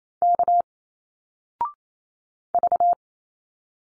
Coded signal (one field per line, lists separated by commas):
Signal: Morse code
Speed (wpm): 28 wpm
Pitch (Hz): 700 Hz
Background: none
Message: K V